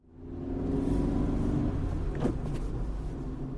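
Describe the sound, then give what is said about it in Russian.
The engine of an Imperer car drones with a steady low rumble as the driver floors the gas pedal, pulling out of a parking lot onto a main street, its pitch and loudness swelling slightly as it accelerates, with a brief rising whine midway and no voices. “Я выехал с парковки на главную улицу, не глядя по сторонам, и вдавил педаль газа в пол.”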